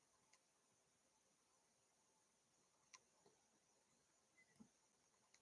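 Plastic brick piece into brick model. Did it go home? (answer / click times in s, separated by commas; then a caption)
no / none. A plastic piece of a brick-built bumblebee model is handled against the build, giving a few faint taps and light plastic ticks around 0.3, 2.9, 3.3 and 4.6 s over a steady low hiss. The piece is not yet pressed home, and nothing has seated or clicked yet.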